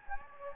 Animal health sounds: mosquito wingbeat signal from an infrared sensor; Anopheles gambiae

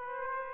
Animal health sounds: mosquito wingbeat signal from an infrared sensor; Aedes aegypti

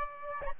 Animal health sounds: mosquito wingbeat signal from an infrared sensor; Aedes albopictus

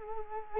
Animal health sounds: mosquito wingbeat signal from an infrared sensor; Culex quinquefasciatus

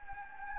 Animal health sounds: mosquito wingbeat signal from an infrared sensor; Anopheles gambiae

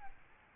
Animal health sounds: mosquito wingbeat signal from an infrared sensor; Aedes albopictus

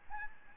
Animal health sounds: mosquito wingbeat signal from an infrared sensor; Aedes albopictus

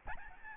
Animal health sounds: mosquito wingbeat signal from an infrared sensor; Aedes albopictus

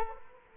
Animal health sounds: mosquito wingbeat signal from an infrared sensor; Culex quinquefasciatus

